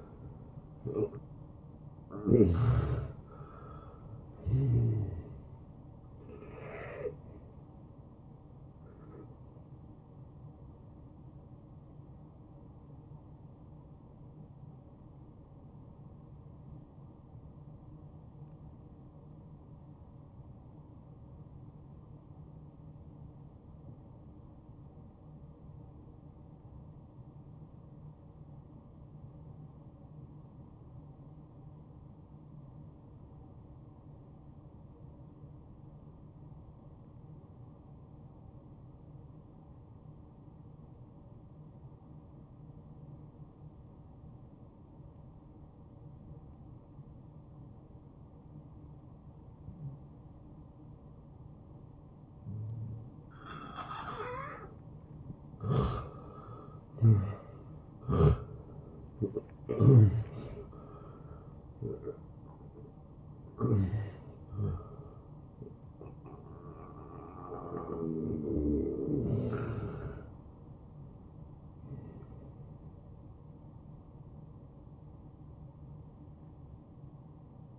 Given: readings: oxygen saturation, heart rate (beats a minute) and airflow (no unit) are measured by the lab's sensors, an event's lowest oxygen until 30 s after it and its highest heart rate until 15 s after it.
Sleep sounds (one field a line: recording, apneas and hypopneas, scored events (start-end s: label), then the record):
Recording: breathing in sleep by a smartphone at the bedside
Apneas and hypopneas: 1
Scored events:
19.00-49.00 s: new sleep stage, N2 (light sleep)
19.00-52.60 s: obstructive apnea (N2, oxygen 95% highest, then 86% lowest, heart rate 67 at the start, 80 highest)
49.00-77.79 s: new sleep stage, N1 (lightest sleep)
From the record:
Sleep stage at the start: N1 (lightest sleep)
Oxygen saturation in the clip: 84 to 95%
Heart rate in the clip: 51 to 81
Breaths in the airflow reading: 10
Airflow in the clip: -16.7 to 9.5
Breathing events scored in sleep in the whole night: 263 in 5.5 hours asleep